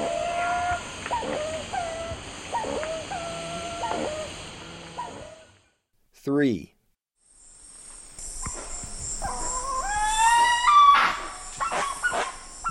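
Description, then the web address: Spix's guan giving a rapid series of yelping, slurred notes about twice a second, then a pause, a sharp sweeping sound, and a harsher rising call amid steady insect hiss. Recorded in Ecuador. "Birds of Ecuador. Spix's Guan"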